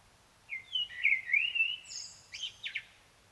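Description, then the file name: Common blackbird singing one phrase of rich, warbling flute-like notes, then a burst of high, rapid twittering at the end. "Turdus merula"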